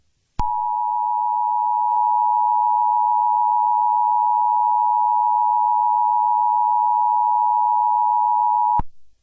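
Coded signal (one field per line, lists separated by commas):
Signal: Emergency Alert System (SAME) tones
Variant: 853 and 960 Hz attention tone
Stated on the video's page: Fictional EAS scenario.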